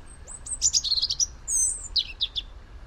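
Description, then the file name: European robin song phrase of rapid high, tinkling whistles and short trills, shifting in pitch, with a sustained thin note midway, over a low background rumble. "Erithacus rubecula"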